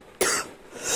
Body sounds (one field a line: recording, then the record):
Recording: coughing mixed with background sound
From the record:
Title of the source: 34 coughing up crap again